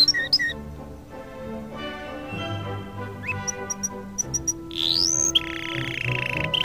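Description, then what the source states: Canary song, a few high whistles and chirps, then a rising sweep into a steady high note, over continuous background music with sustained low tones. Canary song mixed with music.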